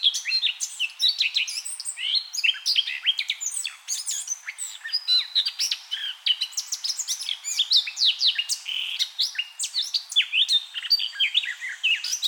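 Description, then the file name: Eurasian blackcap delivering a long, busy warble of sharp chirps and high sliding whistles, densely packed from start to finish. "Sylvia atricapilla"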